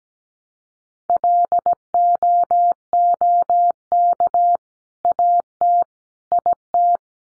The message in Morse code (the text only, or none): LOOK AT IT